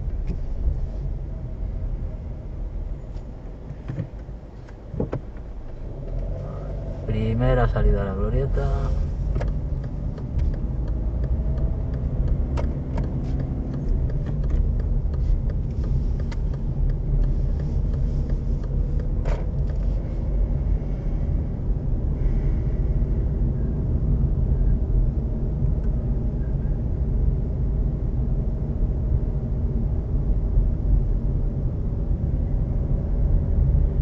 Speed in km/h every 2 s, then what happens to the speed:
9, 5, 0, 0, 15, 16, 18, 18, 19, 22, 26, 28, 30, 28, 29, 27, 25.
0-3 slows to 0. 3-6 standing. 6-8 pulls away to 15. 8-16 steady at about 18. 16-23 speeds up to 30. 23-34 steady at about 28.